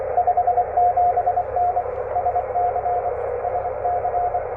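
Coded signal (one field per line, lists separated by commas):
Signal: Morse code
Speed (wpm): 24 wpm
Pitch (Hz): 700 Hz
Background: none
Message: 57N SC SC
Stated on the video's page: Parks on the Air activation in an Arizona state park, 14 MHz CW, MFJ-1979 telescopic whip vertical on tripod, Vibroplex Bencher BY-2 paddle, battery powered.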